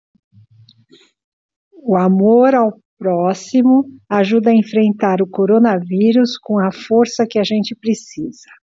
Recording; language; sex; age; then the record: spoken sentence; Brazilian Portuguese; female; 60 to 69 years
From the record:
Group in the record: control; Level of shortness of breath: 1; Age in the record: 64 years